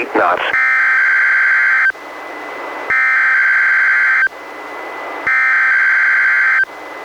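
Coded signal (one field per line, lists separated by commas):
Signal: Emergency Alert System (SAME) tones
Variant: header bursts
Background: speech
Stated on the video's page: Required Weekly Tests relayed by NOAA Weather Radio stations, recorded from Reecom R-1630 and Midland WR-120EZ weather radios, partly via Zoom H1 recorder.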